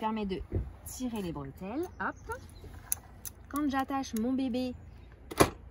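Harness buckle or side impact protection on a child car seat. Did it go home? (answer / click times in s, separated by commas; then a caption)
yes / 5.3 s. Someone talks while strapping a baby into a Joie i-Spin 360 child car seat and fits a plastic part of the seat, either the harness buckle or the side impact protection. A sharp click is heard at 5.3 s as the part seats in place.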